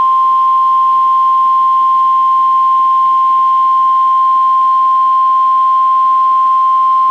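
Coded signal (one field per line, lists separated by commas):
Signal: Emergency Alert System (SAME) tones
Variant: 1050 Hz attention tone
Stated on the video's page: Real tornado watch heard on NOAA Weather Radio alongside a WeatherSTAR 4000 display.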